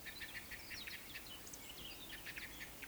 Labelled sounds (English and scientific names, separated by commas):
Eurasian Woodcock (Scolopax rusticola) whistle